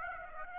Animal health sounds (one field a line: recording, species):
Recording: mosquito wingbeat signal from an infrared sensor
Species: Aedes aegypti